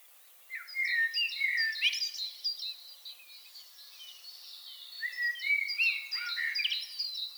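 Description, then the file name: Common blackbird with rich, mellow warbling phrases that start after a brief quiet moment, accompanied by thin, high chirps from other birds. "Turdus merula"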